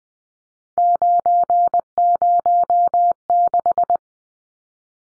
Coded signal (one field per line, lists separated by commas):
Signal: Morse code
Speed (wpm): 20 wpm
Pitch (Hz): 700 Hz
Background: none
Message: 906